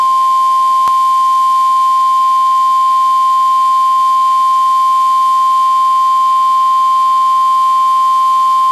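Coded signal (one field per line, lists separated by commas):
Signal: Emergency Alert System (SAME) tones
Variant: 1050 Hz attention tone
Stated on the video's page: Severe thunderstorm warning; contains valid EAS tones.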